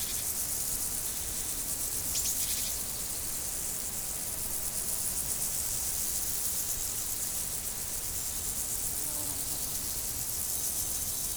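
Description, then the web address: Insects trill in a constant high-pitched chorus; a brief sharp chirp cuts in near the two-second mark. Insects in nature, 2014. "allathangok termeszetben rovarok 2014"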